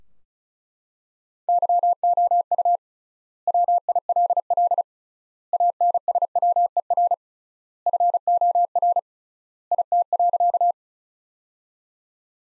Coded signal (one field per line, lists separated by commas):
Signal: Morse code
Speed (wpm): 36 wpm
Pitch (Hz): 700 Hz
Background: none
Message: YOU WILL ANSWER FOR IT.